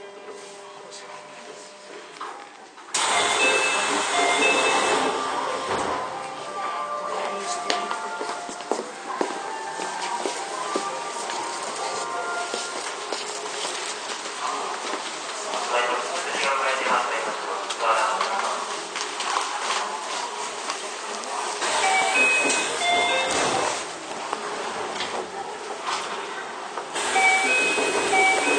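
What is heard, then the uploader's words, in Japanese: A Keio 9000 series train ride, recorded on board. After a quieter opening, a loud dense rumble starts near the third second and holds steady, with high whining tones and bright chimes or squeals around 22 and 28 seconds, and a brief dip near 26 seconds. 京王9000系 高尾山口〜つつじヶ丘。快速つつじヶ丘行を録音。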